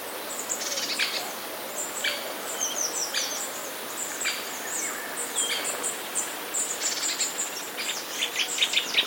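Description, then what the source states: Passerine chirps: many sharp, high notes in uneven bursts. Recorded 23 July 2017.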